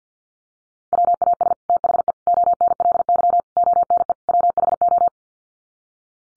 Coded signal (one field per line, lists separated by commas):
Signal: Morse code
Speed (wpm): 50 wpm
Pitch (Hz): 700 Hz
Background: none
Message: WAS THE ONLY ONE WHO